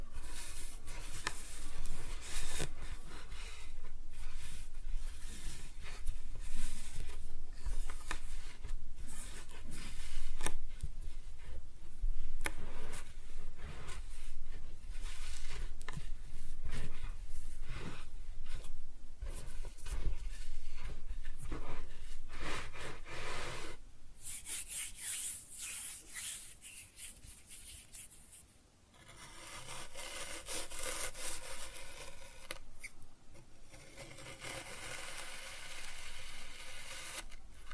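Kinetic sand is cut and scooped in a run of soft, gritty scrapes and crumbly rubs, with quick brushy strokes packed closely for the first twenty-four seconds. Afterward the sound thins to a hiss, pauses briefly near twenty-nine seconds, then returns as steadier, brighter smoothing.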